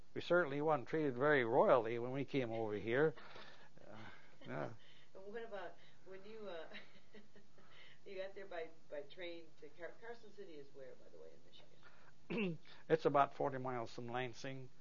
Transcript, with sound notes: We certainly wasn't treated very royally when we came over here. Uh…
What about, when do you uh (laughs) You got here by, by train to Car. Carson City is where by the way?
It's about forty miles from Lansing.